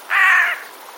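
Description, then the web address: Eurasian jay giving a single harsh, rasping screech, about half a second long, then quiet. Alarm call, recorded 26 September 2021. "wroblowe ostrzegator sojka 26 09 2021"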